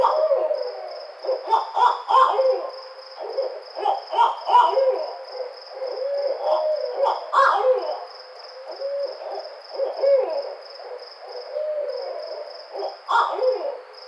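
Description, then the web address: Barred owl calls, a lively run of loud, uneven hoots and cackling notes throughout, over a steady high pulsing insect chorus. Recorded on 28 May 2009. "Barred Owl 2009 05 28"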